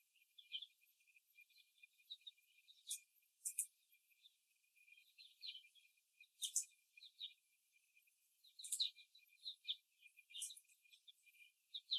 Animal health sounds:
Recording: young laying hens in a cage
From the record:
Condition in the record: before the stressor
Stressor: simulated dog barking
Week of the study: 1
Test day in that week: 2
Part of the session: 1

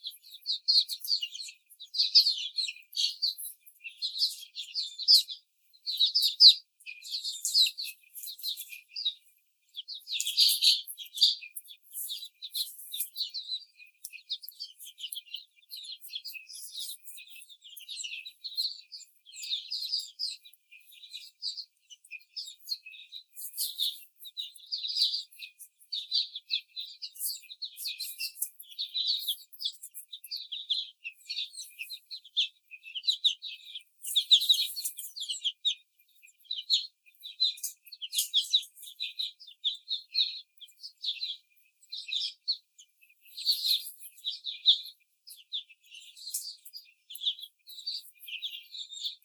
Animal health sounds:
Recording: young laying hens in a cage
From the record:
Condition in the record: after the stressor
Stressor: simulated dog barking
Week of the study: 4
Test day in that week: 2

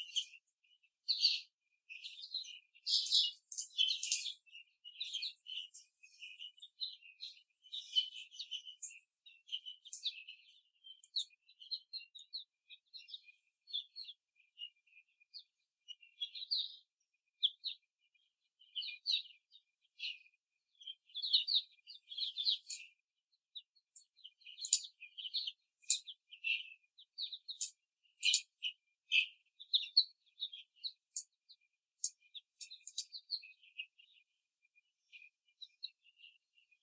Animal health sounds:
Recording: young laying hens in a cage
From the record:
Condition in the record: after the stressor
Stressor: simulated dog barking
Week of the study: 3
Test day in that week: 1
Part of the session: 3

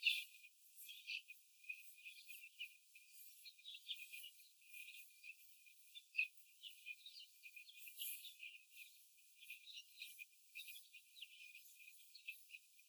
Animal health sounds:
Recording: young laying hens in a cage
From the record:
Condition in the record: after the stressor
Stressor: simulated dog barking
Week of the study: 4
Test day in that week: 1

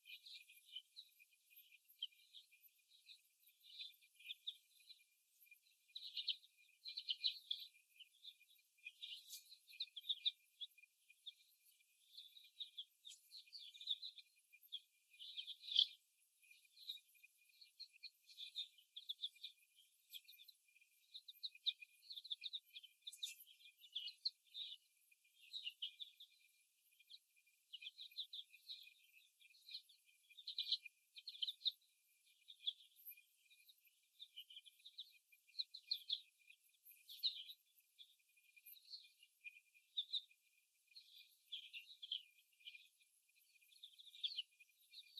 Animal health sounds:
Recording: young laying hens in a cage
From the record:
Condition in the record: before the stressor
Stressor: simulated dog barking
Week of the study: 1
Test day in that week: 1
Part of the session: 3

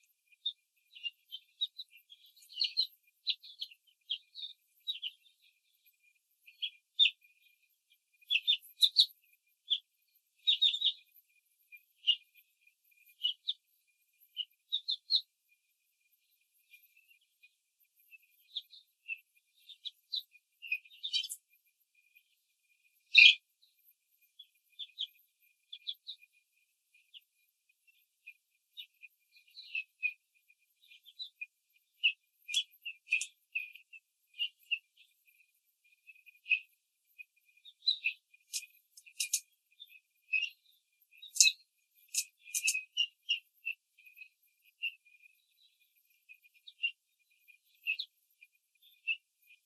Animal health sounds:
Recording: young laying hens in a cage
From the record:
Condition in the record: control cage, after the stress test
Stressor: none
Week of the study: 4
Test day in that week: 3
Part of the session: 3

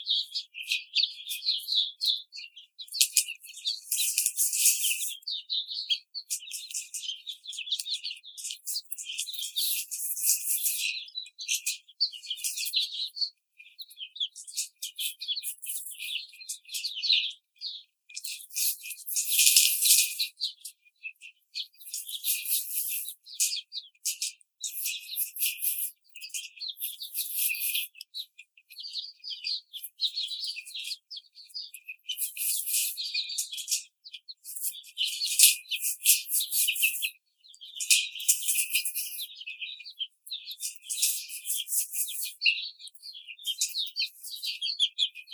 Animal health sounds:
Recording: young laying hens in a cage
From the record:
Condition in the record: treatment cage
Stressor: simulated dog barking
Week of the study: 5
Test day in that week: 1

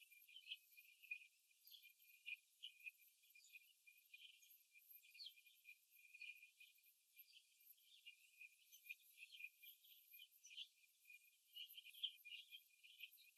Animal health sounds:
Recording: young laying hens in a cage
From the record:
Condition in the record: before the stressor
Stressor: simulated dog barking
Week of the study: 2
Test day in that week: 3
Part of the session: 3

